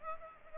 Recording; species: mosquito wingbeat signal from an infrared sensor; Aedes aegypti